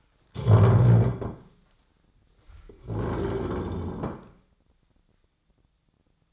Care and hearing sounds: daily activity, microphone in the room; stand up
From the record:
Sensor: 3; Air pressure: 1009.2 hPa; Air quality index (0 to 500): 182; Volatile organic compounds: 3 ppm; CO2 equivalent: 1478 ppm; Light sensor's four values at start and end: 53/135/59/60 and 42/109/49/50

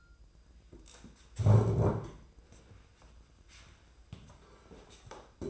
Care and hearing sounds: daily activity, microphone in the room; stand up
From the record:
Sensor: 2

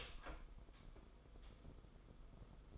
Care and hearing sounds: daily activity, microphone in the room; open door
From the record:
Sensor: 5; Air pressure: 990.6 hPa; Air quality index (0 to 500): 152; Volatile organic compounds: 175 ppm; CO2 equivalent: 4126 ppm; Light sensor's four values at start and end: 26/62/25/28 and 26/64/26/29

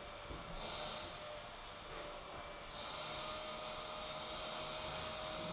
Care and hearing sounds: daily activity, microphone in the room; vacuum cleaning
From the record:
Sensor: 5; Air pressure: 1009.7 hPa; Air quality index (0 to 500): 167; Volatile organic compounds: 4 ppm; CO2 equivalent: 1619 ppm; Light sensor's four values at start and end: 110/288/118/126 and 110/288/118/126

